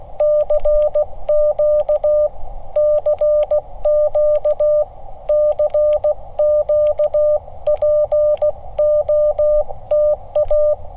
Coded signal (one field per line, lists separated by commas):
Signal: Morse code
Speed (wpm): 16 wpm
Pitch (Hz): 1200 Hz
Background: none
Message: CQ CQ CQ POTA